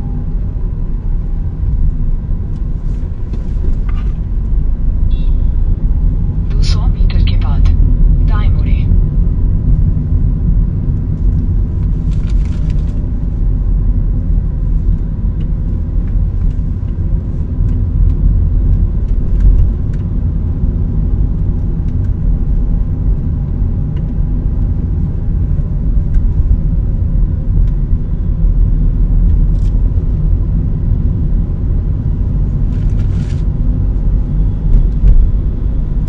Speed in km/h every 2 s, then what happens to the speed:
14, 13, 16, 21, 27, 27, 24, 22, 22, 25, 27, 26, 25, 23, 21, 22, 26, 27.
3-8 speeds up to 27. 8-20 steady at about 25. 20-29 slows to 21. 29-36 speeds up to 27.